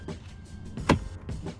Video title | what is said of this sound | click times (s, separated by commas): Alfa Romeo Giulietta Dashboard Panel Wrap Removing Easy | One push, another push, and another push, and it clicks into place nicely. | 0.9 s